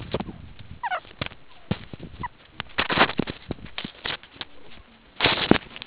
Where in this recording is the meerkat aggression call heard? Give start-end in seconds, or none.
none